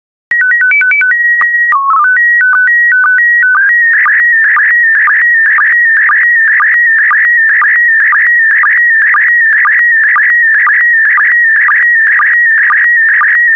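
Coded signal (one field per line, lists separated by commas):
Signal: SSTV (slow-scan television)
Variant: PD 120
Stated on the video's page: SSTV images sent in PD120 mode, generated practice transmissions for decoding.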